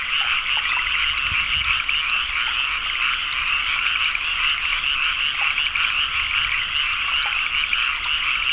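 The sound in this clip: Frogs calling in a dense chorus, fast pulsed notes running together in a continuous trill.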